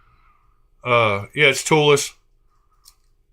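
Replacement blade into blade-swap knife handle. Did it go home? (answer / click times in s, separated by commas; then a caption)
yes / 2.9 s. A replacement blade is slid into a toolless blade-swap knife handle while someone talks. At 2.9 s a short, faint click is heard as the retaining catch pops over the blade, and the blade is seated in place.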